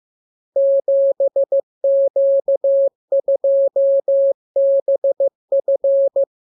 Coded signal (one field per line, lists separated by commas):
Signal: Morse code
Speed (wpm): 15 wpm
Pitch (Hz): 550 Hz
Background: none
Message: 7Q2BF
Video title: Learning Morse Code. Lesson 34. Letter KMURESNAPTLWI.JZ=FOY,VG5/Q92H38B?47